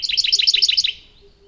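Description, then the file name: Radde's warbler song: a quick run of identical, slurred notes at a steady pace, lasting under a second and then stopping. "warbler-radde -Phylloscopus-schwarzi"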